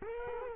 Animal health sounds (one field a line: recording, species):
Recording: mosquito wingbeat signal from an infrared sensor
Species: Culex quinquefasciatus